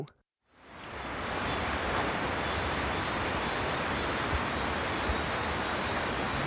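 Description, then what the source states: Violet-headed hummingbird giving a steady series of high, thin squeaks, roughly three per second, starting after a brief silence, with faint background hiss. Recorded in Ecuador.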